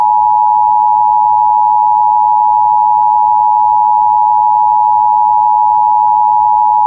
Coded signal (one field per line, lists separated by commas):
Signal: Emergency Alert System (SAME) tones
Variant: 853 and 960 Hz attention tone